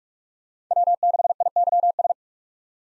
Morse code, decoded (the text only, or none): W6IYS